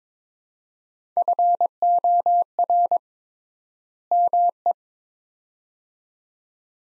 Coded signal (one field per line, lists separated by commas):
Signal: Morse code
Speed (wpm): 22 wpm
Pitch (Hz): 700 Hz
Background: none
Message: FOR ME